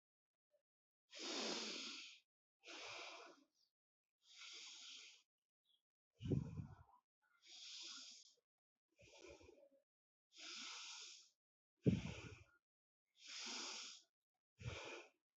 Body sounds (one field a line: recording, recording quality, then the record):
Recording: deep breathing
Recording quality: excellent, no background noise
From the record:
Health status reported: healthy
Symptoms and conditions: none ticked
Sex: female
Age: 28 years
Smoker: not ticked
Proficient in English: yes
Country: India